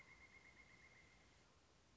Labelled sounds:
Pileated Woodpecker
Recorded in Sonoma County, California

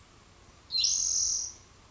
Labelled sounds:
Spotted Towhee
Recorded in Sonoma County, California

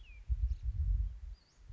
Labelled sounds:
Western Flycatcher
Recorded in Sonoma County, California

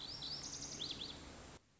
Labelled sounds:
Lazuli Bunting
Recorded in Sonoma County, California

